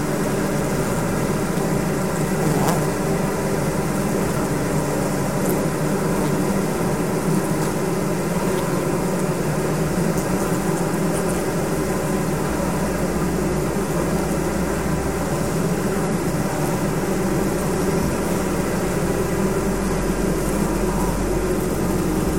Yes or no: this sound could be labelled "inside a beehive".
yes